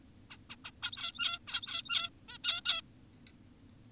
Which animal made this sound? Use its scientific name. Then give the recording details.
Taeniopygia guttata. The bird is an adult. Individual g17y2U